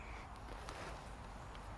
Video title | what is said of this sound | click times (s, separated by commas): How to use your soft-top the Right Way! | where you want it to go on and it'll just snap right in place | 0.7 s